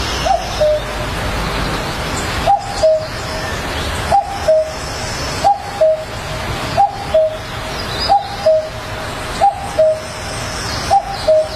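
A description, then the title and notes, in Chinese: Clear birdsong rings out over a steady wash of flowing water in the mountain woods at dawn. A bird repeats a short two-note call, high then slightly lower, at a regular pace of about once every one and a half seconds. The water's rush stays constant underneath. 清晨，山林间清脆的鸟叫和水流声。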